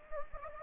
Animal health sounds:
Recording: mosquito wingbeat signal from an infrared sensor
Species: Anopheles gambiae

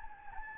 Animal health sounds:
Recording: mosquito wingbeat signal from an infrared sensor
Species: Anopheles gambiae

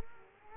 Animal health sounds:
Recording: mosquito wingbeat signal from an infrared sensor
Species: Culex quinquefasciatus

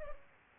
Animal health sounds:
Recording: mosquito wingbeat signal from an infrared sensor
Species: Culex pipiens

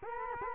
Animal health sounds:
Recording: mosquito wingbeat signal from an infrared sensor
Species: Culex quinquefasciatus

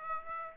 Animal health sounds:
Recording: mosquito wingbeat signal from an infrared sensor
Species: Aedes aegypti

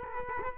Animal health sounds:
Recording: mosquito wingbeat signal from an infrared sensor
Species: Culex quinquefasciatus

